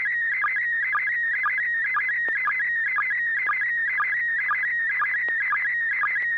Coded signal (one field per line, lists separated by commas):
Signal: SSTV (slow-scan television)